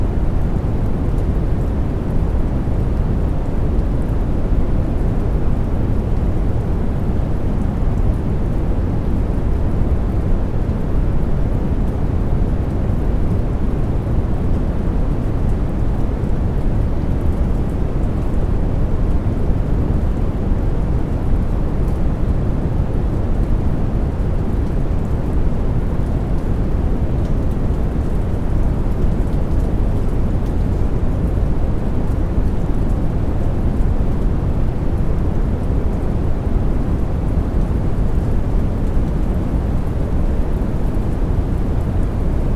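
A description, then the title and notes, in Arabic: Deep brown noise fills the whole clip, a dense, steady rumble weighted toward the low end with very little brightness above it. A soft, even rain-like hiss blends into the texture, unchanging from start to finish, with no distinct drops or separate events standing out. ضوضاء بني | مع نغمات المطر الهادئة. ضوضاء براون وتوتراتها العميقة مع هدوء المطر الجميل.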